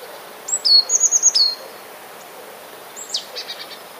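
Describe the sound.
Eurasian blue tit song: very high thin notes followed by a quick run of repeated trilled notes, then a second shorter high phrase with a rapid fading trill.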